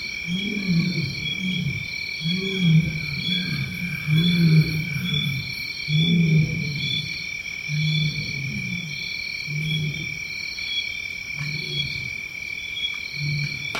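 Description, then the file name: Lion roaring in a series of deep, grunting pulses, fading toward the end, over a steady high buzzing. Tanzania. "lion and monkeys in tanzania"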